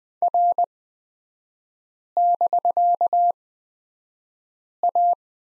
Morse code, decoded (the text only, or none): R<BK>A